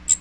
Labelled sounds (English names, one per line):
Magnolia Warbler flight call